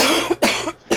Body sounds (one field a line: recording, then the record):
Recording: coughing mixed with background sound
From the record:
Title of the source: 61 morning phlegmy cough...again